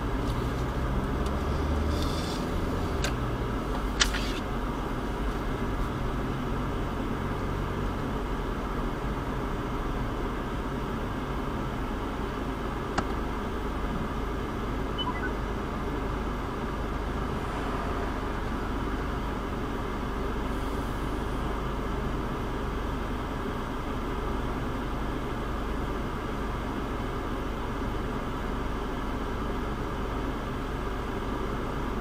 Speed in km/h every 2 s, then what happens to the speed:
11, 19, 26, 27, 24, 11, 0, 0, 0, 0, 0, 0, 0, 0, 0, 0.
0-7 speeds up to 27. 7-12 brakes to 0. 12-32 standing.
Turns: none.